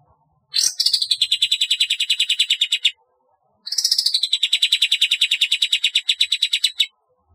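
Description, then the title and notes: Bulbul song: two long, fast rattling trills of crisp notes, each starting with a high sweeping note, divided by a pause of under a second. "Kicau Burung Kapas"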